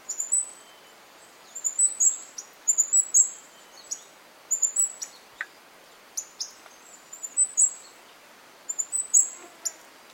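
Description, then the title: Bird giving very high, thin chirps and twittering phrases in short bursts, with scattered sharp clicks between them. "LuckyKumpulan SuaraBurung"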